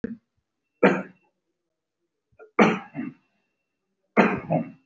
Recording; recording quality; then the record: shallow voluntary cough; excellent, no background noise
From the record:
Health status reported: respiratory illness, not identified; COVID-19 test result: negative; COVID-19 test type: RT-PCR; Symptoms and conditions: breathing difficulty, fatigue, another respiratory illness, hypertension, diabetes, another condition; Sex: male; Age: 55 years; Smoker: yes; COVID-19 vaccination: both doses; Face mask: worn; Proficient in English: yes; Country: India